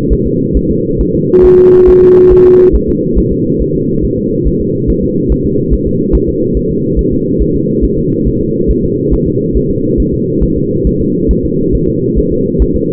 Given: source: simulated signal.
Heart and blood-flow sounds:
fetal heart sounds
0.13 s: S1
0.26 s: S2
0.57 s: S1
0.71 s: S2
1.01 s: S1
1.15 s: S2
1.45 s: S1
1.59 s: S2
1.89 s: S1
2.03 s: S2
2.32 s: S1
2.46 s: S2
2.75 s: S1
2.89 s: S2
3.19 s: S1
3.32 s: S2
3.62 s: S1
3.75 s: S2
4.05 s: S1
4.18 s: S2
4.47 s: S1
4.61 s: S2
4.90 s: S1
5.04 s: S2
5.32 s: S1
5.46 s: S2
5.74 s: S1
5.87 s: S2
6.15 s: S1
6.29 s: S2
6.57 s: S1
6.71 s: S2
6.99 s: S1
7.13 s: S2
7.42 s: S1
7.56 s: S2
7.84 s: S1
7.98 s: S2
8.27 s: S1
8.41 s: S2
8.71 s: S1
8.84 s: S2
9.14 s: S1
9.27 s: S2
9.57 s: S1
9.70 s: S2
10.00 s: S1
10.14 s: S2
10.43 s: S1
10.57 s: S2
10.87 s: S1
11.01 s: S2
11.31 s: S1
11.45 s: S2
11.75 s: S1
11.89 s: S2
12.18 s: S1
12.32 s: S2
12.62 s: S1
12.76 s: S2
From the record:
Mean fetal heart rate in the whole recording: 140 bpm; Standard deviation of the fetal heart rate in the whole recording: 2 bpm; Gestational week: 34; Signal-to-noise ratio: -11.2 dB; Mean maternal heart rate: 72 bpm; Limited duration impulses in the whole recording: present

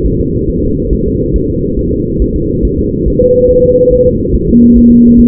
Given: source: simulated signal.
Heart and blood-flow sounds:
fetal heart sounds
0.06 s: S1
0.21 s: S2
0.50 s: S1
0.64 s: S2
0.93 s: S1
1.07 s: S2
1.36 s: S1
1.50 s: S2
1.79 s: S1
1.93 s: S2
2.22 s: S1
2.36 s: S2
2.65 s: S1
2.79 s: S2
3.08 s: S1
3.22 s: S2
3.51 s: S1
3.65 s: S2
3.93 s: S1
4.07 s: S2
4.35 s: S1
4.50 s: S2
4.77 s: S1
4.92 s: S2
5.20 s: S1
From the record:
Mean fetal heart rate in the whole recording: 140 bpm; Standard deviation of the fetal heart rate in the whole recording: 2 bpm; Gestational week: 34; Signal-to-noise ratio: -14.7 dB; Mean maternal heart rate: 72 bpm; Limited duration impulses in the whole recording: present

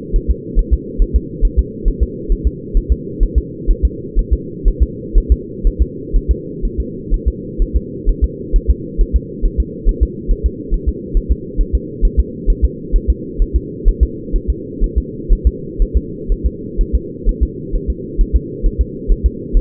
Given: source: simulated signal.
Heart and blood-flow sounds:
fetal heart sounds
0.16 s: S1
0.31 s: S2
0.59 s: S1
0.73 s: S2
1.02 s: S1
1.16 s: S2
1.45 s: S1
1.59 s: S2
1.88 s: S1
2.03 s: S2
2.32 s: S1
2.47 s: S2
2.77 s: S1
2.92 s: S2
3.23 s: S1
3.38 s: S2
3.70 s: S1
3.85 s: S2
4.19 s: S1
4.33 s: S2
4.68 s: S1
4.83 s: S2
5.18 s: S1
5.32 s: S2
5.67 s: S1
5.82 s: S2
6.16 s: S1
6.31 s: S2
6.65 s: S1
6.80 s: S2
7.14 s: S1
7.28 s: S2
7.62 s: S1
7.76 s: S2
8.09 s: S1
8.24 s: S2
8.56 s: S1
8.70 s: S2
9.01 s: S1
9.16 s: S2
9.45 s: S1
9.60 s: S2
9.89 s: S1
10.03 s: S2
10.31 s: S1
10.46 s: S2
10.74 s: S1
10.89 s: S2
11.17 s: S1
11.32 s: S2
11.61 s: S1
11.75 s: S2
12.05 s: S1
12.19 s: S2
12.50 s: S1
12.65 s: S2
12.96 s: S1
13.10 s: S2
13.42 s: S1
13.56 s: S2
13.88 s: S1
14.03 s: S2
14.36 s: S1
14.50 s: S2
14.84 s: S1
14.98 s: S2
15.33 s: S1
15.47 s: S2
15.82 s: S1
15.97 s: S2
16.32 s: S1
16.46 s: S2
16.81 s: S1
16.95 s: S2
17.29 s: S1
17.43 s: S2
17.75 s: S1
17.90 s: S2
18.21 s: S1
18.36 s: S2
18.66 s: S1
18.81 s: S2
19.11 s: S1
19.26 s: S2
19.57 s: S1
From the record:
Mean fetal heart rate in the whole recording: 130 bpm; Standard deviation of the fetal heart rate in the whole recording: 4 bpm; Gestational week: 38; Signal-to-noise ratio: -4.1 dB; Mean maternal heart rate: no maternal heart sound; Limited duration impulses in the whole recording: absent

